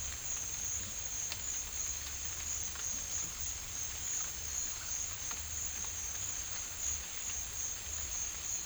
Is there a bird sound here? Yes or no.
no